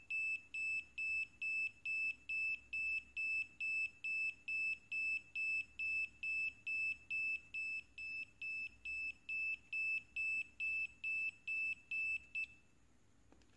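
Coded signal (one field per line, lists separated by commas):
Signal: none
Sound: a buzzer's repeated beeps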